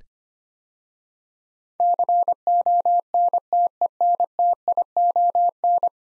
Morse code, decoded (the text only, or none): CONTENTION